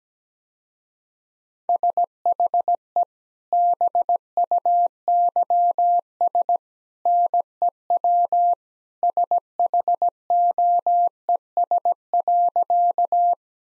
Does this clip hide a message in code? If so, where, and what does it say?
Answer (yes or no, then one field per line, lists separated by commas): yes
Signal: Morse code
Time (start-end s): 1.7-13.3 s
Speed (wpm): 17 wpm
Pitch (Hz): 700 Hz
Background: none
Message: SHE BUYS NEW SHOES.